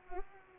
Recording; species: mosquito wingbeat signal from an infrared sensor; Culex pipiens